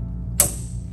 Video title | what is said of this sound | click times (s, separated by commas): Phantom AL Anterior Lumbar Surgical Access System (AL-1000) Product Set Up | retract and then click on to | 0.4 s